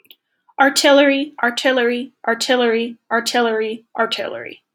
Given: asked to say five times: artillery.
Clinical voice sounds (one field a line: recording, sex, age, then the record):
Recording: repeated word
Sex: female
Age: 20 to 29 years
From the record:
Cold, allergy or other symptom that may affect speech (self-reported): no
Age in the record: 22 years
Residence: Massachusetts, United States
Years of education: 17